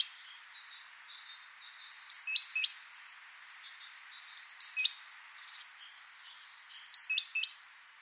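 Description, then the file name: Great tit song: repeated chiming phrases, pairs of high notes then pairs of lower dropping notes, about every two and a half seconds, with faint softer calls between. "Parus major"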